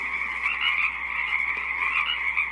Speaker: The Pacific chorus frogs, as you can hear, continue their crazy party, croaking out to each other in an almost overwhelming display of otherworldly glee.